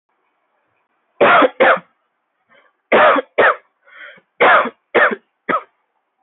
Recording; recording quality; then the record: heavy voluntary cough; moderate, slight background noise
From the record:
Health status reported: healthy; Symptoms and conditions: none ticked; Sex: male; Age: 20 years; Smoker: not ticked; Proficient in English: yes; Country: India